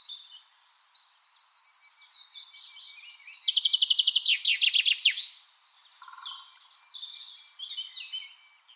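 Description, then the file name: Common chaffinch song: quieter high trilled notes build into a loud rapid phrase between three and five seconds, followed by softer trills. "Fringilla coelebs"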